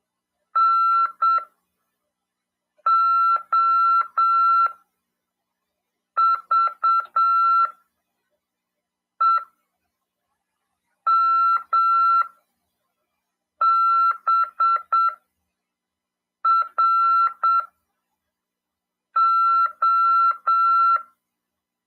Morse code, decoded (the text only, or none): NOVEMBRO